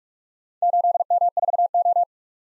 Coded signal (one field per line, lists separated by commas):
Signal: Morse code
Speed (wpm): 47 wpm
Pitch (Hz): 700 Hz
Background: none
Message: 8M4O